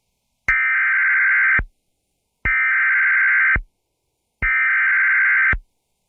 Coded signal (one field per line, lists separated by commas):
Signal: Emergency Alert System (SAME) tones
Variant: header bursts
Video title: Another Severe Thunderstorm Warning On WXRY 99.3 [EAS #644]